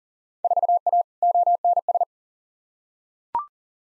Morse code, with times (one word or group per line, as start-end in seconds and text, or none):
0.4-1.0 4A
1.2-2.0 ONS